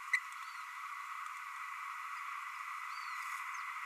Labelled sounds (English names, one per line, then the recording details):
Green-rumped Parrotlet babbling
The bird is a male
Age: 30 days
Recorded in a nest box in Venezuela
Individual 17B32A6